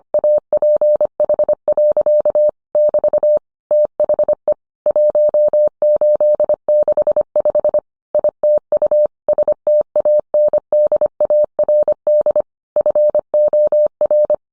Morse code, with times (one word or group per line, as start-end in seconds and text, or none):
0.1-2.5 APH.
2.8-3.4 <BT>
3.7-4.5 THE
4.9-7.8 1865
8.1-9.1 ITU
9.3-12.4 STANDARD
12.8-14.3 FOR